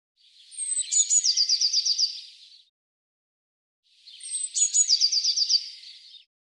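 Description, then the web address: Eurasian blue tit delivering two matching phrases, each opening with thin high notes and running into a rapid trill, separated by a short silence. "Deverinetal"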